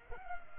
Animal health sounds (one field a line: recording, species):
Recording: mosquito wingbeat signal from an infrared sensor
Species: Culex pipiens